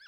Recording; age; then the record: pig call; piglet (1 to 25 days)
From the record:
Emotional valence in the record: positive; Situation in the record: reunion after long isolation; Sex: male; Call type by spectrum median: high-frequency call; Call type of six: low-frequency tonal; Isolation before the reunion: 8 minutes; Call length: 0.08 s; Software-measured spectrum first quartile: 1641 Hz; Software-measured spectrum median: 2547 Hz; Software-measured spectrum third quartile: 4411 Hz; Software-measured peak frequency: 1587 Hz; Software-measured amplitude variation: 33 dB a second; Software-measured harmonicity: 12.1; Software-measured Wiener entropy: -3.35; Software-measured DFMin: 695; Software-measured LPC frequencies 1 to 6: 1621, 2377, 3392, 4557, 5148, 6671 Hz